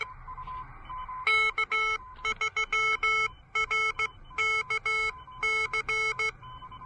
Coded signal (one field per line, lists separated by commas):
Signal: Morse code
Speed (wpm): 16 wpm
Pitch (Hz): 2200 Hz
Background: none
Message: K3RKC